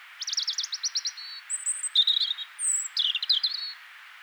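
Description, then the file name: European robin delivering a rapid, continuous phrase: a fast trill of repeated notes, a thin high whistle, then liquid warbling and another trill, over soft hiss. "Erithacus rubecula"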